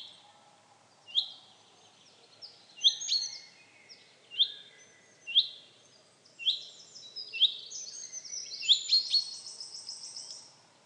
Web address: SETE Fringilla coelebs